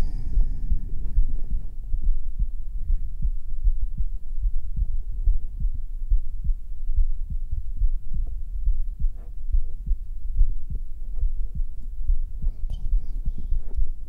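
Muffled low heartbeat thumps at about 69 beats a minute, heard on bare skin through the right side of the chest with a black 3Dio binaural microphone.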